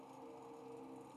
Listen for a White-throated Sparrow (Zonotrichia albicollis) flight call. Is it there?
no